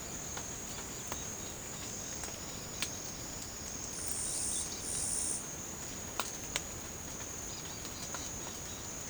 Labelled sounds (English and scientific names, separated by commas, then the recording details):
none
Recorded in pastures near Puerto Asís, Putumayo, Colombia, on 12 March 2025 at 08:00
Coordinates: 0.505, -76.324
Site GP08